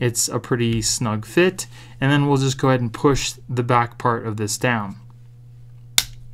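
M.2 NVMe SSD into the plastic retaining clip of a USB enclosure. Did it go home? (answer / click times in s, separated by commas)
yes / 6.0 s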